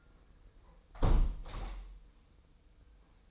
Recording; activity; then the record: daily activity, microphone in the room; close window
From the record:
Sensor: 1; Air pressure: 990.4 hPa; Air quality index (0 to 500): 161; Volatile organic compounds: 1000 ppm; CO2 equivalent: 5845 ppm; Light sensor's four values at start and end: 21/47/20/22 and 20/45/19/21